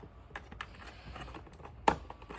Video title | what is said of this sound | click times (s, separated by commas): NC Wildlife Resources Commission - Off-Grid Power & Webcam Hardware Build & Instructions | And it clicks right in. | 1.9 s